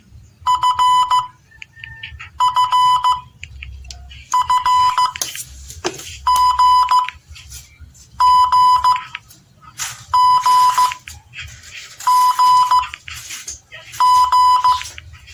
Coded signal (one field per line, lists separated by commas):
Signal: Morse code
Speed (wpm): 15 wpm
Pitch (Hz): 1000 Hz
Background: none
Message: F F F G G G G G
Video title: MORSE CODE